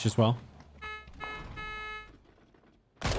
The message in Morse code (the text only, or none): none